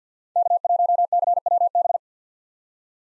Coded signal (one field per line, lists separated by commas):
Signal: Morse code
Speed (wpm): 45 wpm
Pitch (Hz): 700 Hz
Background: none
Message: K1CWB